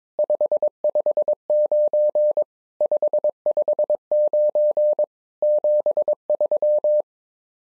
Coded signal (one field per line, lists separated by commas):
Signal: Morse code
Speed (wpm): 22 wpm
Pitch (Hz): 600 Hz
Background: none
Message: 559 559 73